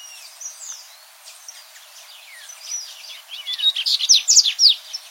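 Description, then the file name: Dubois's seedeater song opening with thin slurred whistles, building into a fast run of sharp, high descending notes in the final second and a half. "Canto do Papa capim de costas cinzas"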